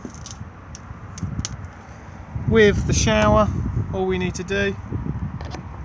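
The collar on a BBQ gas hose's quick-release coupling is pushed up and the hose is pulled off the external gas point of a 2020 Benimar Tessoro T487 caravan. Small sharp clicks and taps come before the coupling lets go with a crisp snap at 1.5 s. Someone then talks.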